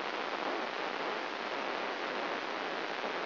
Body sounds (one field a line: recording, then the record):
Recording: brain microelectrode recording played as sound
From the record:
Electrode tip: inside the subthalamic nucleus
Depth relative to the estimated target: 3 mm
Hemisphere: right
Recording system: AlphaMap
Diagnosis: Parkinson's disease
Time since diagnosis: 7 years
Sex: female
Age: 49 years